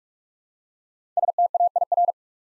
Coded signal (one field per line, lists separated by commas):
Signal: Morse code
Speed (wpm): 44 wpm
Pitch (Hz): 700 Hz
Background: none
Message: STAIR